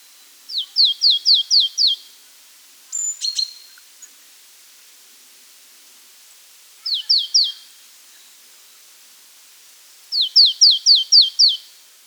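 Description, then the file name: Marsh tit calling in three bursts of rapid, high, downward-sliding notes, a few to several per burst with long pauses between, plus a brief clicking sound after the first burst. "Poecile palustris"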